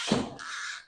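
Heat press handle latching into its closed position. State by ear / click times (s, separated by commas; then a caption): not seated / none. A heat press handle is pressed down to print one half of a shirt transfer, on its way to latching into its closed position. There is a broad, rasping burst near the start, then a steady hiss that fades toward the end. The lock has not clicked or engaged yet.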